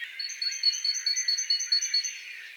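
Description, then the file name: Great tit song, a steady run of clear, high two-note phrases repeated quickly and evenly, over soft background noise. "Parus major"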